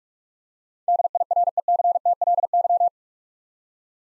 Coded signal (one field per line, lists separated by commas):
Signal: Morse code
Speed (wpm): 44 wpm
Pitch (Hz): 700 Hz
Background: none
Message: DIRECTLY